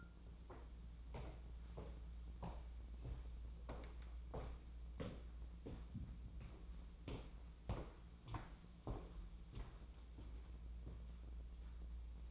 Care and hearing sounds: daily activity, microphone in the room; walk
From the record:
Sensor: 1

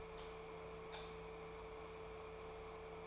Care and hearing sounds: daily activity, microphone in the room; light off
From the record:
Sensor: 1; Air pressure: 1014.8 hPa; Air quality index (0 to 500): 185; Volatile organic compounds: 18 ppm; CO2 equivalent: 2622 ppm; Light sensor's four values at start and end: 39/102/42/50 and 35/88/37/45

